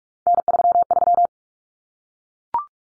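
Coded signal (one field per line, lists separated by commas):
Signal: Morse code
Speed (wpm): 44 wpm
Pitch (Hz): 700 Hz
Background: none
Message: N33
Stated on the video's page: Morse head-copy drill of common three-digit cut numbers at 45 wpm, each sent in Morse, then spoken, then sent again.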